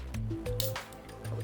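A second matching sword piece is fitted onto an action figure holder, its notches pushed into place the same way as the first. A sharp click comes at 0.6 s over a steady low tonal hum, and the sword piece is seated.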